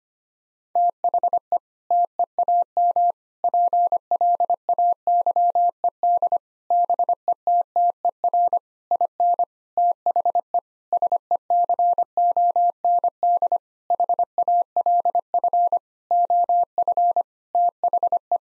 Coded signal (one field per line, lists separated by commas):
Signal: Morse code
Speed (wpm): 25 wpm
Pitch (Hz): 700 Hz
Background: none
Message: THE TEAM PLAYED BETTER IN THE SECOND HALF OF THE